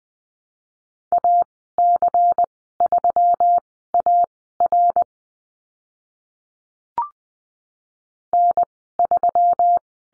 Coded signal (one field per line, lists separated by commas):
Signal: Morse code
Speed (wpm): 20 wpm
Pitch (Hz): 700 Hz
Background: none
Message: AC3AR N3